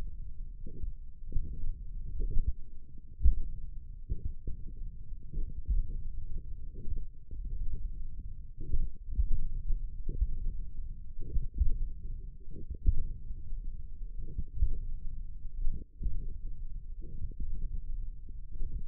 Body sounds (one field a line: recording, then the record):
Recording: forearm muscle sounds (acoustic myography)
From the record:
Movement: tripod grip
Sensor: system 1, eight BSWA MPA416 microphones around the upper forearm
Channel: 3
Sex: male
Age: 20 years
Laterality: left